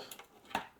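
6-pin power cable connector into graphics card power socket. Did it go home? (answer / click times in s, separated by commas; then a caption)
yes / 0.5 s. A 6-pin PCIe power cable, adapted from SATA, is pushed into a graphics card's power socket. Two faint taps at about 0.1 and 0.2 s are followed by the plastic latch's short, sharp click at 0.6 s, the loudest of the three. The connector is seated.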